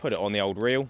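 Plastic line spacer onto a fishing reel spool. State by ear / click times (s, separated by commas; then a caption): not seated / none. A smaller plastic line spacer with two small dowel fittings is being handled to press onto the spool of a Penn Tidal XT 8000 fishing reel, used so an extra 50 metres or so of line isn't needed. Throughout the second, someone talks and no other distinct sound stands out. Nothing has seated or clicked into place yet.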